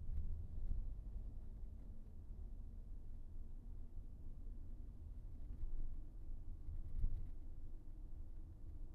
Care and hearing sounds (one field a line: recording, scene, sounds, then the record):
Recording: everyday scene through a hearing-aid microphone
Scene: in a vehicle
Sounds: engine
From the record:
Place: VW T5 Caravelle, diesel engine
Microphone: behind the ear, right, rear